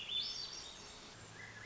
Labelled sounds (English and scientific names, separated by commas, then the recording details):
Swainson's Thrush (Catharus ustulatus)
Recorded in Sonoma County, California